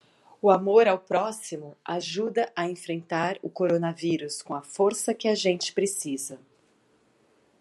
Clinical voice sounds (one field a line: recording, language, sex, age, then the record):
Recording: spoken sentence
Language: Brazilian Portuguese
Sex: female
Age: 40 to 49 years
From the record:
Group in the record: control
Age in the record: 45 years